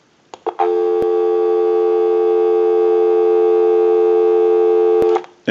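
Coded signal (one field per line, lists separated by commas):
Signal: telephone call progress tone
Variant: North America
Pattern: dial tone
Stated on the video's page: Call progress tone heard on an Automatic Electric rotary dial telephone during checkout and repair.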